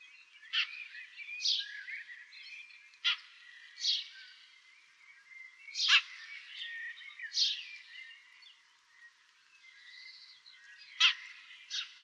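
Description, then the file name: House sparrow chirping: sharp, bright chirps in loose pairs every few seconds, with softer twittering notes between them. "Passer domesticus"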